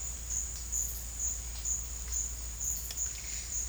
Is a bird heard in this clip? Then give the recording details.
no. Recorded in dense forest near Puerto Asís, Putumayo, Colombia, on 21 March 2025 at 14:00. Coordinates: 0.484, -76.317. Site G064